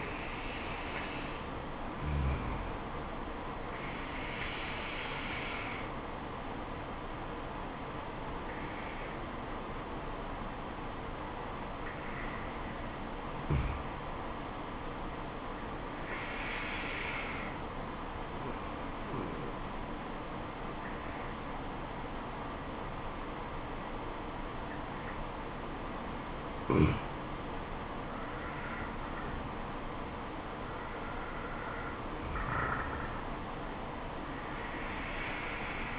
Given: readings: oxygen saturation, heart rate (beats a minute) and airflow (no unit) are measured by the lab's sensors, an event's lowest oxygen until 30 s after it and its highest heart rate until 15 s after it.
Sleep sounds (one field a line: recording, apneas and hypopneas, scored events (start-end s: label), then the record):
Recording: breathing in sleep by a voice recorder at the bedside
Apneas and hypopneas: 1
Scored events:
6.00-29.20 s: hypopnea (N2, oxygen 96% highest, then 93% lowest, heart rate 70 at the start, 78 highest)
From the record:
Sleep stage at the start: N2 (light sleep)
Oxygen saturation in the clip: 87 to 96%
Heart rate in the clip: 68 to 78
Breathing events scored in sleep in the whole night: 426 in 7.4 hours asleep